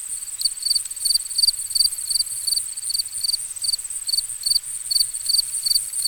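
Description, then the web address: Crickets giving short shrill chirps in a slightly uneven rhythm, roughly two to three a second, above a constant high-pitched insect drone. Ambient nature recording of crickets. "Dr Sound Effects. Crickets and Frogs In the Distance"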